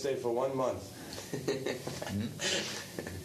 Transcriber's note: laughs